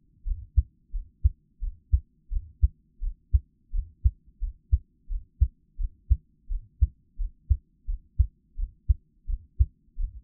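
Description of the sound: Steady, low paired thumps of an adult's own heartbeat at about 85 beats a minute, with a faint hum behind, heard close up in ASMR style with no talking.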